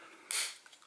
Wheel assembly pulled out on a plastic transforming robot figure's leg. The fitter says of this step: and then you'll hear that very loud snap from here you can rotate the rest of the way